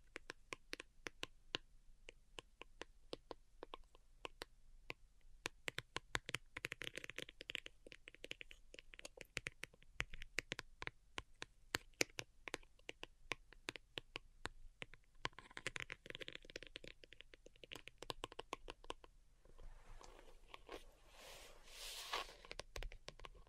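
Delicate tapping runs as a steady stream of quick, crisp clicks, thick and irregular, sometimes clustering into fast bursts. Around 7 and 16 seconds a soft brushing texture joins in, and near 19–23 seconds a scratchy rustle takes over as the taps thin out.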